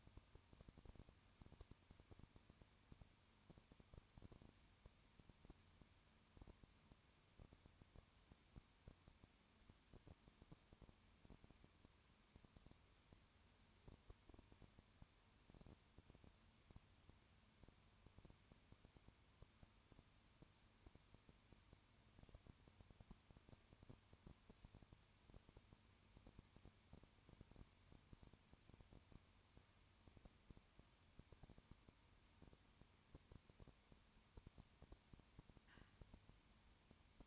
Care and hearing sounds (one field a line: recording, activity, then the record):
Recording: daily activity, microphone in the room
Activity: no activity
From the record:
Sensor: 2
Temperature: 20.8 degrees Celsius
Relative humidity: 38.3%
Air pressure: 1010.4 hPa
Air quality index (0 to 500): 200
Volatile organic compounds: 19 ppm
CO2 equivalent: 2651 ppm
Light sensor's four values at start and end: 2/3/2/2 and 2/3/2/2